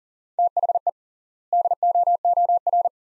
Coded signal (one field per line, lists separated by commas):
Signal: Morse code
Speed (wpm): 40 wpm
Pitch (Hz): 700 Hz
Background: none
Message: THE DOOR